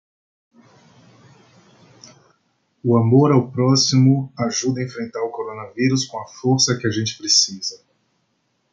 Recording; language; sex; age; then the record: spoken sentence; Brazilian Portuguese; male; 30 to 39 years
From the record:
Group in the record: control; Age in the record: 33 years